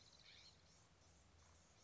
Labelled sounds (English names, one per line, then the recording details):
California Scrub-Jay
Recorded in Sonoma County, California